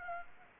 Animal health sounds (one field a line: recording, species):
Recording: mosquito wingbeat signal from an infrared sensor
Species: Anopheles arabiensis